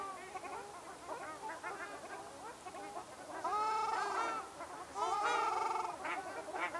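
Ruddy shelduck group calling, with soft overlapping honks at first, then louder drawn-out nasal trumpeting calls in the second half.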